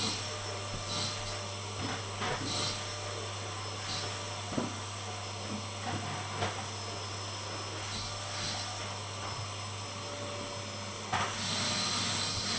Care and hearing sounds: daily activity, microphone in the room; vacuum cleaning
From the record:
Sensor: 4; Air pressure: 1000.9 hPa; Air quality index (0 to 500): 138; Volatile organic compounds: 2 ppm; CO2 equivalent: 1024 ppm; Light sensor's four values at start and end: 27/64/27/29 and 27/66/27/29

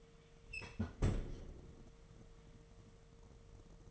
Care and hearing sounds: daily activity, microphone in the room; close fridge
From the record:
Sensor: 4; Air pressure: 1015.8 hPa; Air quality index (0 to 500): 186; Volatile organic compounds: 9 ppm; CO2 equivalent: 2143 ppm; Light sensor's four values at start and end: 9/19/8/8 and 10/22/9/9

